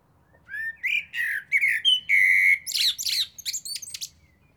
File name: Turdus merula